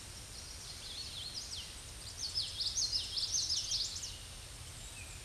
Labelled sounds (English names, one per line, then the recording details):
Common Yellowthroat song
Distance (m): 30 m
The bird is about 5 m above the microphone
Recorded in a Pennsylvania forest on 16 May 2024 at 07:21
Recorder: AudioMoth, point MSD-2304
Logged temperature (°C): 16.0 °C
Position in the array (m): 233 m, 180 m